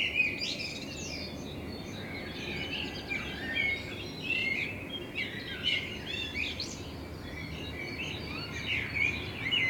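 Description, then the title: Common blackbird singing in bursts of twittering, chirping notes every couple of seconds over constant low rushing noise. Blackbird singing in front of the recordist's window; binaural recording with a homemade dummy head, meant for headphone listening. "Kunstkopfaufnahme der Amsel vor meinem Fenster"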